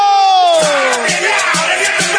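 A crowd of people from Baião shouts and cheers loudly together, a dense roar of many voices with a descending whoop at the start and rhythmic thumps pulsing underneath.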